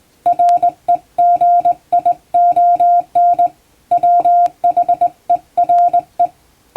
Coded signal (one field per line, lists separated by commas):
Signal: Morse code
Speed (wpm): 20 wpm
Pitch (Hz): 700 Hz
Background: music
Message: REGION WHERE